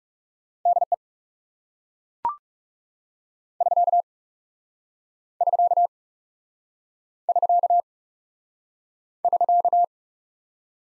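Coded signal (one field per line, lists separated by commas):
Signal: Morse code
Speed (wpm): 38 wpm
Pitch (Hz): 700 Hz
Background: none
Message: DE <SK> <SK> <SK> <SK>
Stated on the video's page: Morse practice of common QSO elements in speed-racing format, starting fast and slowing to 30 wpm base, final repeat at maximum speed.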